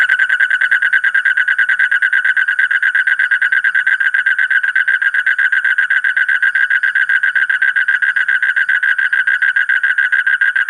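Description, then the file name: Asian common toad producing a dense, rattling trill of very fast pulses, steady in pitch and loudness from start to finish. "suara kodok bangkong kolong kodok buduk"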